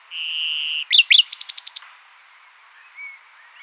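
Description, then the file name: Common nightingale singing a long steady whistled note, then two sharp upslurred notes and a fast series of repeated staccato chips. "Luscinia megarhynchos"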